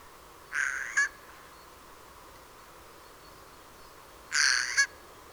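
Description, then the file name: Eurasian jay uttering two grating, noisy screeches nearly four seconds apart, the second slightly longer, against a quiet background. "Garrulus glandarius"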